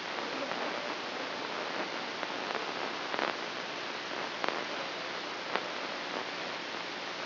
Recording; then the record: brain microelectrode recording played as sound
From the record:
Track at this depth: inside the subthalamic nucleus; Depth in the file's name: 0.735 mm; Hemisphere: right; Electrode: 3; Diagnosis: Parkinson's disease